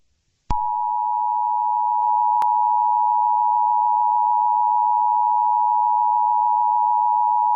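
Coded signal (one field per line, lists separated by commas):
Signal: Emergency Alert System (SAME) tones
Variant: 853 and 960 Hz attention tone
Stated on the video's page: Fictional EAS scenario based on a Roblox game.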